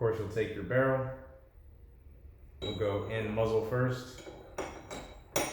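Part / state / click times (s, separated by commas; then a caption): pistol barrel into slide / seated / 5.4 s. Someone talks while reassembling a SIG P229 pistol, inserting the barrel muzzle first through the front of the slide and pushing it back. Light metal-on-metal clinks sound around 4.6 s and 4.9 s. A sharp click at 5.4 s marks the barrel seating and locking into place in the slide, where it should not move.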